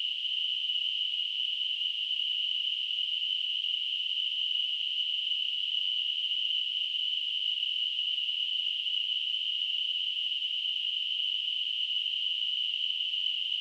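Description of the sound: Simulated tinnitus: a steady, unbroken narrow band of hissing noise centered near 3 kHz, with no low-frequency sound.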